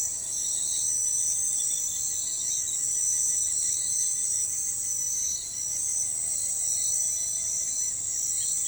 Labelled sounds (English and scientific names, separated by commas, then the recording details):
none
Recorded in forest near Pivijay, Magdalena, Colombia, on 16 April 2023 at 03:30
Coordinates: 10.467, -74.380
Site Z5-G034